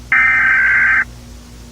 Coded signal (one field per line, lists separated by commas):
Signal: Emergency Alert System (SAME) tones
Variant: header bursts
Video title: Eas scenario: The malfunction PT 1